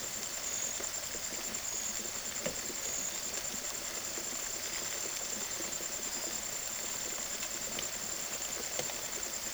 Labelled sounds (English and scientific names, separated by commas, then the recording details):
none
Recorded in secondary vegetation near Puerto Asís, Putumayo, Colombia, on 19 June 2025 at 03:00
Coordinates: 0.489, -76.322
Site G021